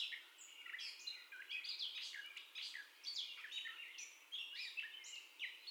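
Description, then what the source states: Gray catbird singing a rambling, unbroken string of varied squeaky, scratchy and whistled notes, with hardly a pause. First song, recorded 30 May 2021 at 04:48.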